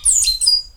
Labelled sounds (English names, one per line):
Stitchbird song